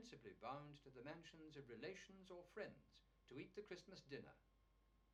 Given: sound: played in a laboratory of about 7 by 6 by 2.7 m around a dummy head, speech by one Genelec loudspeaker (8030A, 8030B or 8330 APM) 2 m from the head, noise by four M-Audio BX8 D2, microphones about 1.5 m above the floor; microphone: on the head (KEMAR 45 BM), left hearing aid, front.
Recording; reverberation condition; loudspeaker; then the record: male speech in English; low; 60 degrees to the left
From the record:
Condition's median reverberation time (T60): about 310 ms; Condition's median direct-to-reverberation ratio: about 3.5 dB